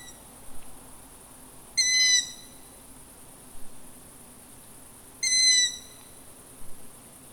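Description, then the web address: Long-eared owl uttering two strained, squealing calls roughly three and a half seconds apart, with softer short notes around them and a constant hissing background. Recorded on 29 July 2018. "fagelljud 20180729 hornuggla"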